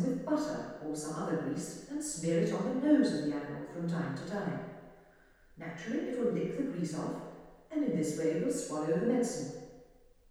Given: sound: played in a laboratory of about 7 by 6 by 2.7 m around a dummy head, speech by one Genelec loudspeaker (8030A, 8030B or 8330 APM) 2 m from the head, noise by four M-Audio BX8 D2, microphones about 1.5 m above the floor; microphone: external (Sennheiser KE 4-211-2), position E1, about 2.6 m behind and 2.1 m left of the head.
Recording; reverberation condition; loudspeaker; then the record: female speech in English; high; 30 degrees to the left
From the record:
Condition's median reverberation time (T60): about 1300 ms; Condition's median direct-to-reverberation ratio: about -4.0 dB